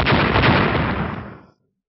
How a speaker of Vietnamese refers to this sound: Một tiếng nổ kinh thiên động địa vang lên. Cục ánh sáng màu vàng chợt đập vào trong cái vòng xoáy sương mù màu xám.